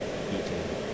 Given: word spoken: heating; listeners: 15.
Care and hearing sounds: one English word in noise, from a listening test; speech-shaped noise; -5.3 dB; 1 of 15; 9 of 15; 0.54 s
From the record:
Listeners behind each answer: 9, 2, 1, 1, 1, 1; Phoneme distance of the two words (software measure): 7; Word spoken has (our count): 2 syllables, 5 phonemes, stress on syllable 1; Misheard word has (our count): 2 syllables, 4 phonemes, stress on syllable 1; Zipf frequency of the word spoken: 4.27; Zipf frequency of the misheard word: 4.82

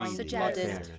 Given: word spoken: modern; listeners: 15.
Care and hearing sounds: one English word in noise, from a listening test; four-talker babble; -1.4 dB; 1 of 15; 12 of 15; 0.59 s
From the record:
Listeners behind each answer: 12, 2, 1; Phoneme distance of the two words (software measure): 54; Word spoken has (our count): 2 syllables, 4 phonemes, stress on syllable 1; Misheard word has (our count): 2 syllables, 6 phonemes, stress on syllable 2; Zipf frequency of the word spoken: 5.02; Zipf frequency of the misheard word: 4.63

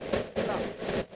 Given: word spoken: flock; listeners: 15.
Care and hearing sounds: one English word in noise, from a listening test; noise modulated by three-talker babble; -8.0 dB; 2 of 15; 6 of 15; 0.76 s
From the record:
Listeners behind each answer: 6, 2, 2, 1, 1, 1, 1, 1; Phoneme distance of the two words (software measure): 10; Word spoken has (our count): 1 syllable, 4 phonemes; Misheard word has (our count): 1 syllable, 4 phonemes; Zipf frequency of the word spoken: 3.83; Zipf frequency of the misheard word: 4.57

